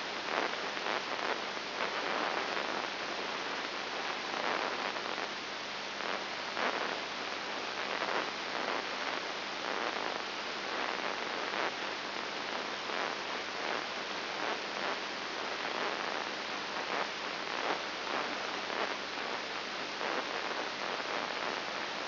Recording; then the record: brain microelectrode recording played as sound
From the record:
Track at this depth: inside the subthalamic nucleus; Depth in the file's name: 3.302 mm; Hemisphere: left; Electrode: 3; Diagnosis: Parkinson's disease